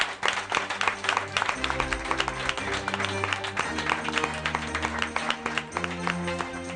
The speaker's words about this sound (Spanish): ¿Os lo habéis pasado bien? ¡Sí! Pues un aplauso para vosotros. Un aplauso para vosotros.